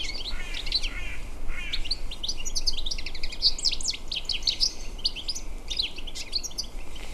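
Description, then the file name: European goldfinch calls, a stream of bright tinkling chirps and twitters, high-pitched and quick, continuing throughout with steady low background rumble. "Carduelis carduelis"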